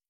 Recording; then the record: hydrophone in a shrimp aquaculture tank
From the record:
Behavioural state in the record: stressed